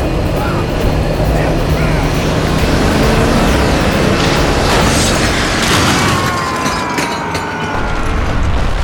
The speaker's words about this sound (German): Ich sah gerade noch, wie der Wagen in den Abgrund stürzte.